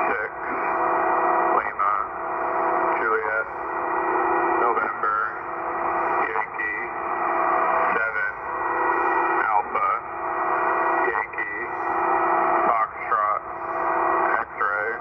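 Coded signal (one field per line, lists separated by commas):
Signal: coded military voice message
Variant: Emergency Action Message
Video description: US Military EAM Emergency Action Message transmission heard in NJ USA. 1/25/2023, 8.992 Mhz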